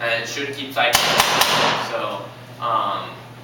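Someone talks while handling the T-handle bolt cocking handle on a jammed paintball marker whose bolt is stuck forward, pulling it back so it can keep cycling. A few short, sharp knocks sound at about 1.0, 1.2 and 1.4 s between the speech. The bolt has not yet clicked back into place.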